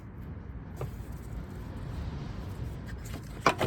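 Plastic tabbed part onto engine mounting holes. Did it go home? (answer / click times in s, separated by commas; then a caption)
yes / 3.5 s. A plastic part with locating tabs is lined up so the tabs go into their mounting holes on the engine of a 2011-19 Ford Explorer 3.5 and then pressed on. Over a low, steady background rumble there is a faint tap at 0.8 s, then a sharp, loud click at 3.5 s as the part seats.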